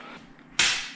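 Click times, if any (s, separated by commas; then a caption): none. Someone pushes the front locking clip of a Convenience Concepts Xtra Folding Desk with Charging Station frame to lock it down; a faint tap comes at 0.4 s, then a sharp, bright knock at 0.6 s that fades over the rest of the second. The clip does not lock on this first push and is not forced, so nothing has clicked into place yet.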